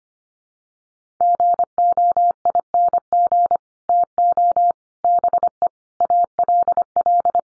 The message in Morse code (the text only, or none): GOING TO BE ALL